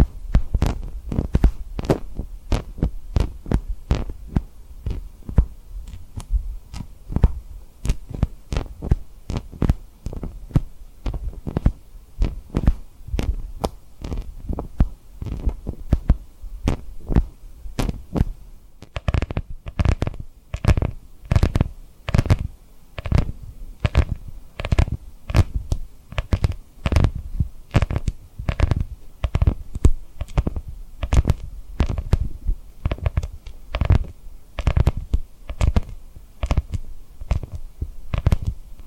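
Rapid tapping and rubbing on rhinestones fills the whole stretch, with dense, fairly regular taps about two or three per second, each a sharp tick over a soft low thud. Around nineteen seconds there's a brief pause before the steady tapping resumes.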